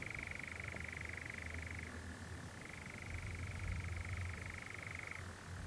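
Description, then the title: European Nightjar's sustained churr, a fast even trill that drops in pitch briefly, rises again, then drops once more, with low rumbling noise underneath. Nocturnal bird churring on a warm June evening on a hill in the Brecon Beacons, on a summer's night. "Sound Escape 20: the mesmerising churring of a nightjar on a summer's night"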